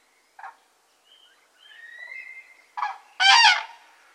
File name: Grue cendree